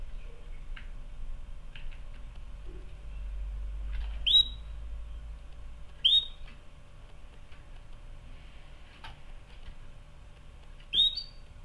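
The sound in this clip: Canary making a few clear chirps, separated by two to five seconds, with faint ticking and low hum between them.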